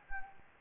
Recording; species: mosquito wingbeat signal from an infrared sensor; Anopheles gambiae